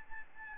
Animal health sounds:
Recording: mosquito wingbeat signal from an infrared sensor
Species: Aedes albopictus

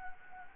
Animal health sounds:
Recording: mosquito wingbeat signal from an infrared sensor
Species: Anopheles gambiae

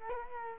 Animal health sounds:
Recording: mosquito wingbeat signal from an infrared sensor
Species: Culex quinquefasciatus

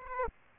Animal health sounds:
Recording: mosquito wingbeat signal from an infrared sensor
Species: Aedes aegypti

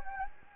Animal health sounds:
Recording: mosquito wingbeat signal from an infrared sensor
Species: Anopheles gambiae

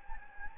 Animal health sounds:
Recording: mosquito wingbeat signal from an infrared sensor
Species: Anopheles gambiae

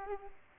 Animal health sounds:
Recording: mosquito wingbeat signal from an infrared sensor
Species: Aedes aegypti

